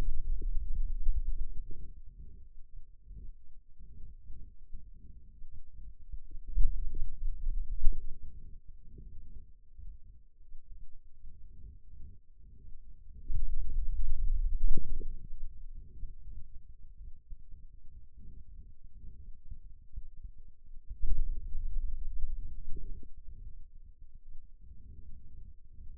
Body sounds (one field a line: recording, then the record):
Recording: forearm muscle sounds (acoustic myography)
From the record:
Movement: finger pinch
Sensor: system 2, bracelet of six BSWA MPA416 microphones around the upper forearm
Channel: 1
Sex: male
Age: 22 years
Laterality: right